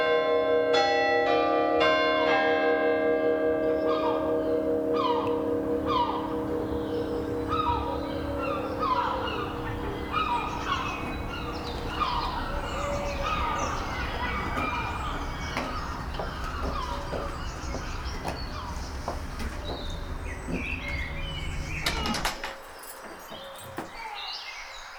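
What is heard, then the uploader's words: A church bell strikes a few ringing notes at the start, their tones hanging and fading over the first few seconds. Birdsong then fills the churchyard with busy, chirping calls over a steady low rumble that drops away near the end. Birdsong. The sounds of the churchyard. The Church Clock chiming. The bells ringing.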